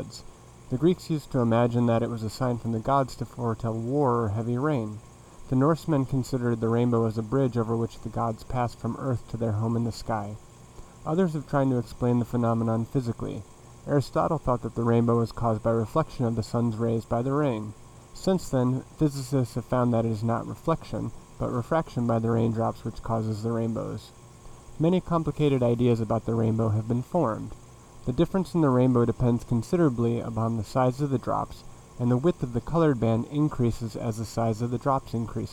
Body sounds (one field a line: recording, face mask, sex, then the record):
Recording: reading aloud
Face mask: none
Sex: male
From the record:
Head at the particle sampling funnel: facing it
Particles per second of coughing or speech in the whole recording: 5.71